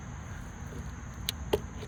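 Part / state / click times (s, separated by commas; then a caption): spring clip onto a motorcycle chain master link / seated / 1.3 s. A screwdriver placed in the crease pushes the metal retaining spring clip on a Kawasaki Mojave's motorcycle drive chain master link back until it snaps into place with a sharp click at 1.3 s. A second brief tick follows at about 1.5 s over a low, steady background rumble, and the clip ends up seated.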